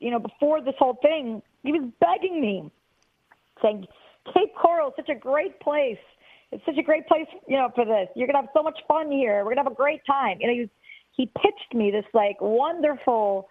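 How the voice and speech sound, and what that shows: Fluent conversational speech from an adult woman calling in over a phone line, with natural pauses and normal voice.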